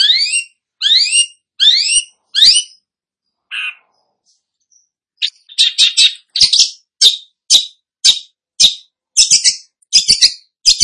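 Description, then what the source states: Long-tailed shrike song: four high rising slurred notes, a pause, then a fast run of sharp chattering and scratchy chips. Described as 'gacor', meaning singing vigorously.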